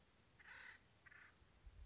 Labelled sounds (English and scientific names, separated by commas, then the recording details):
Acorn Woodpecker (Melanerpes formicivorus)
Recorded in Sonoma County, California